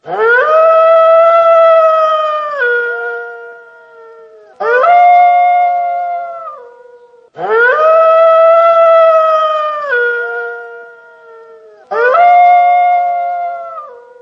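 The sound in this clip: Wolf howling, long steady rich-toned howls that drop in pitch near the end, each several seconds long, four in all.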